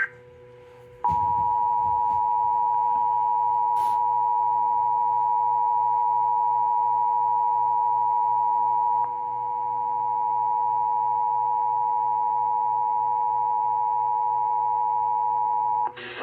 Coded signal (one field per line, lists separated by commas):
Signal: Emergency Alert System (SAME) tones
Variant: 853 and 960 Hz attention tone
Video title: EAS 7939-7956 EAS Alerts from 5/15/2025-5/17/2025 Pt. 2/3